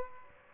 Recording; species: mosquito wingbeat signal from an infrared sensor; Aedes aegypti